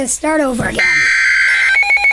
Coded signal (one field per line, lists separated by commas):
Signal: Emergency Alert System (SAME) tones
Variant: header bursts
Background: speech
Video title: EAS #61 Severe Thunderstorm Warning 5/20/14